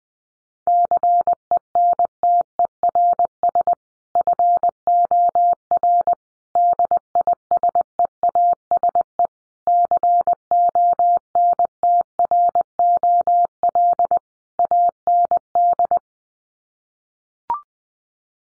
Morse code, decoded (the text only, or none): CENTERS FOR DISEASE CONTROL AND